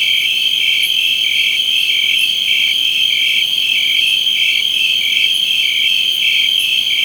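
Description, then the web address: Crickets chirping in a dense, continuous high-pitched chorus, several steady bands with faint periodic accents over a low hiss. Jungle. "Spectrasonics - Heart of Africa. CRICKETS"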